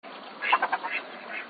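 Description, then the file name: Duck calls: a short run of three or four harsh, nasal quacks in quick succession, followed by fainter rasping notes. Male (drake). "selezen"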